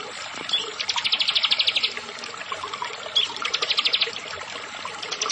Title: Ciblek Sawah